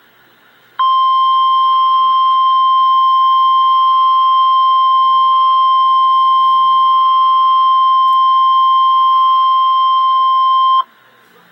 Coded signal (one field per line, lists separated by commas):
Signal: Emergency Alert System (SAME) tones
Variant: 1050 Hz attention tone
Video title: REAL EAS 824-Severe thunderstorm warning